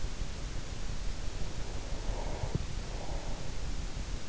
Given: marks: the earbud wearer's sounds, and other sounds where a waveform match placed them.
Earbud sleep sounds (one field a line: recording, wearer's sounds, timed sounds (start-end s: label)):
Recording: sounds in sleep by an in-ear microphone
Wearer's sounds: breath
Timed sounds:
1.43-3.64 s: breath